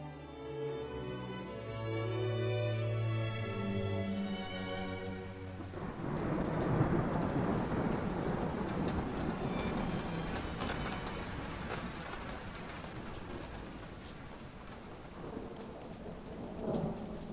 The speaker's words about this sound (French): Il ne plaît jamais dans ce putain d'endroit, mais quand il pleut, c'est un déluge. De grosses gouttes de pluie frappent le sol avec un crépitement âpre.